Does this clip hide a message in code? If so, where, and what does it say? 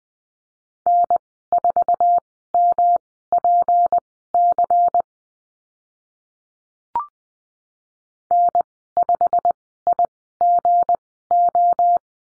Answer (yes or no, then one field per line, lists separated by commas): yes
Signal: Morse code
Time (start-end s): 0.9-12.0 s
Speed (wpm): 20 wpm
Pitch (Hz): 700 Hz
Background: none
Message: N4MPC N5IGO